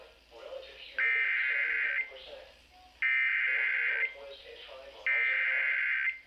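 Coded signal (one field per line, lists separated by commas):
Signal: Emergency Alert System (SAME) tones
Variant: header bursts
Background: speech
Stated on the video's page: Flash flood warning tones received on an FM broadcast station.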